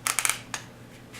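A belt's tongue is slid into a ratchet buckle, producing a run of sharp, bright ratchet clicks at 0.1, 0.2, 0.3 and 0.3 seconds as it engages. A softer click follows near 0.5 seconds, then quiet. The buckle latches and the belt is seated.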